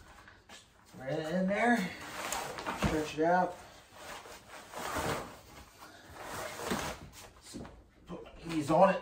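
Someone talks while stretching out an FE Active Ultralight cot and pressing their knees on it to build tension while lining up the first cot leg with the cot's side pole frame, with brief handling knocks and rustles around 0.3, 2.3 and 7.7 seconds. The leg is still being positioned under tension and has not yet been pushed home; nothing has seated or clicked yet.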